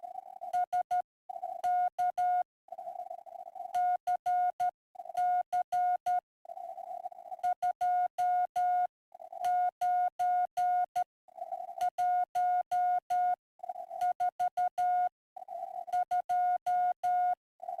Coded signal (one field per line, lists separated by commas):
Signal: Morse code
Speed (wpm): 12 wpm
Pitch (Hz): 720 Hz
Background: none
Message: SKCC 29142